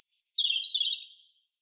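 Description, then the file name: European robin song fragment: a thin high note flowing into a short, liquid warble that fades away. "Erithacus rubecula"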